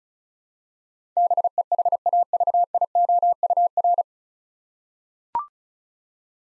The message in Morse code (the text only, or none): BEHAVIOUR